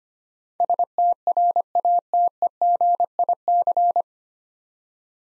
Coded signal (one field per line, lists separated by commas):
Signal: Morse code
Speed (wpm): 25 wpm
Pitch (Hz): 700 Hz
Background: none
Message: STRATEGIC